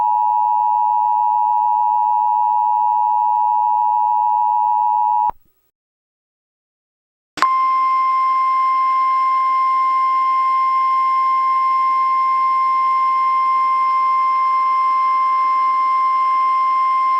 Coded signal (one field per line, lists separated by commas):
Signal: Emergency Alert System (SAME) tones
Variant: 853 and 960 Hz attention tone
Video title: EAS Scenario | National Nightmare (Part 1) read desc